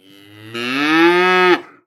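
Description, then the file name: Cow giving one drawn-out moo that starts as a low, quiet hum, then bursts into a loud, rich, slightly rising bellow and stops abruptly after about a second. "manofham moo-3-moo-moo-the-cow"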